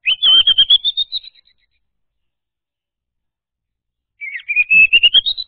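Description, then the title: Orange-headed thrush song with two phrases of quick whistled notes that climb steadily higher, separated by a few seconds of silence. Song played to lure an orange-headed thrush that has stopped singing into singing again. "Anis Merah Macet.. Pancing Dengan Suara Ini.. # Anis Merah"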